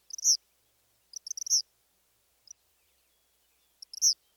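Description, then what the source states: Eastern Kingbird giving high, electric-sounding stuttered notes in quick clusters, most ending in a sharp accented burst, with brief pauses between. High-pitched song with variable notes like electrical sparks jumping between two wires; stuttered quality with punctuated accents; male singer.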